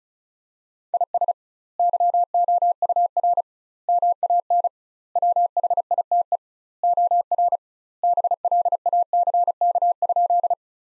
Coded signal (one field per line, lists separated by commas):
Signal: Morse code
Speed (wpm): 36 wpm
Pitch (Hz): 700 Hz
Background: none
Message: IS YOUR MAN WHITE OR BLACK?